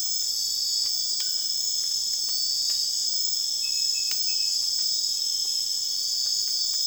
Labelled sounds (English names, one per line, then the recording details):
none
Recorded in secondary vegetation near Puerto Asís, Putumayo, Colombia, on 19 June 2025 at 01:00
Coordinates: 0.485, -76.322
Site GP06